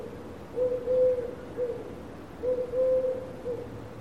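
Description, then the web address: Eurasian collared dove giving low, mellow coos, two phrases of a drawn-out note followed by a brief one, about two seconds apart. "Deverinetal 2025. Bird Only"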